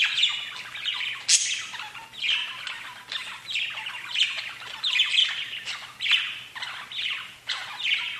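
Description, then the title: Budgerigar chatter, busy overlapping chirps, squawks and buzzy warbles in quick bursts, one high sharp squeak near the start. "Budgie Sounds"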